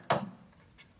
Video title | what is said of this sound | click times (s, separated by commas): Toyota Truck Vapor Canister Replacement (Charcoal Canister) | all the way forward and then locks like that there you go | 0.1 s